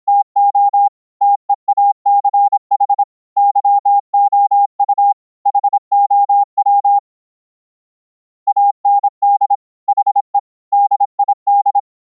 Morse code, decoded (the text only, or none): TO TEACH YOU HOW AND HE DID